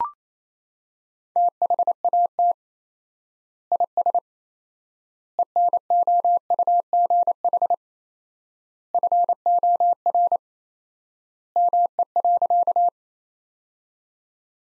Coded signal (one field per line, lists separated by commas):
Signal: Morse code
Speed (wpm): 28 wpm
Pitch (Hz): 700 Hz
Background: none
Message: THAT IS ENOUGH FOR ME.